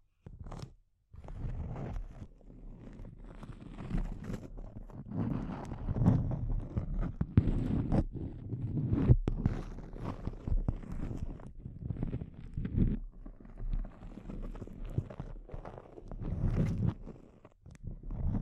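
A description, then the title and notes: Intense close-up crinkles run almost without a break after a brief silence at the start, a dense, irregular rustle with sharp snaps scattered throughout. The texture is heaviest in the low and middle range, with crisp bright ticks poking above, and swells around 6–9 and 17 seconds. ASMR Intense Close-Up Crinkles (No Talking).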